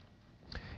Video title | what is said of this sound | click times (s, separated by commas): Replacement Ultraviolet Bulbs | turn it clockwise until it clicks | 0.6 s